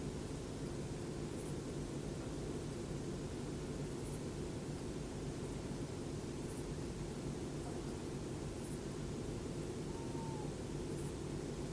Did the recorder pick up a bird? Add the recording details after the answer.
no. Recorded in France